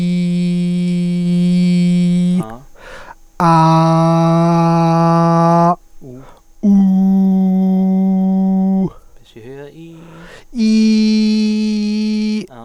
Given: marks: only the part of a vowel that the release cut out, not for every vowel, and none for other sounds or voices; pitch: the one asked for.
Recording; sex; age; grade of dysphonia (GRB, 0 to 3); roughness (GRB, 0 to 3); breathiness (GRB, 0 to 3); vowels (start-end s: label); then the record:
sustained vowels; male; 20 to 29 years; 2; 2; 2
0.00-2.00 s: vowel /i/, normal pitch
3.60-5.59 s: vowel /a/, normal pitch
7.03-8.72 s: vowel /u/, normal pitch
10.84-12.23 s: vowel /i/, high pitch
From the record:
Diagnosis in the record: phonasthenia (vocal fatigue); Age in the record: 27 years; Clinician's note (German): Mit hypotoner Komponente